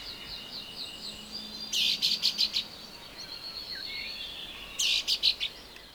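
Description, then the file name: Common chaffinch giving two brisk bursts of sharp, rapid clicking notes about three seconds apart, with faint thin bird calls in the background. "Fringilla coelebs"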